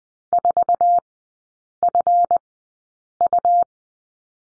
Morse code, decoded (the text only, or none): 4FU